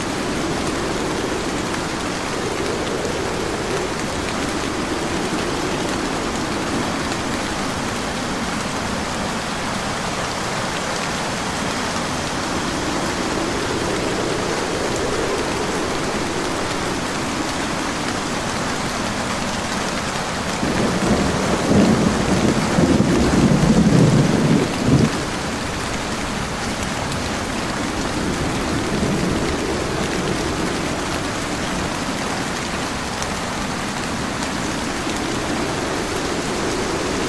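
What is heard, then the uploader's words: Heavy rain pours steadily throughout, a dense, even hiss filling the scene. Low rumbling swells rise and fade every few seconds like gentle thunder or wind gusts, and a louder rumble builds around the twenty-second mark before easing off near twenty-five seconds. Heavy Rain with Gentle Thunder and Wind.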